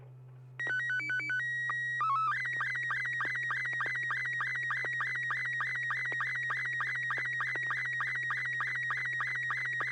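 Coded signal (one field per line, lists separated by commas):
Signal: SSTV (slow-scan television)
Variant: Robot 72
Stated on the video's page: SSTV net on a 441.30 MHz FM repeater in Sacramento, CA.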